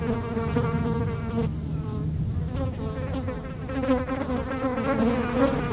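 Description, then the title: Fly buzzing with a wavering harmonic hum, the higher tones thinning for a couple of seconds, over steady wind rumble. Flies feasting on a dropping on Chemin de Lombardil, Fenouillet, France, on a windy day near Blagnac airport; Sennheiser MKH8040 ORTF pair with SD MixPre6 recorder. "Chemin de Lombardil, 31150 Fenouillet, France - Festin de mouches"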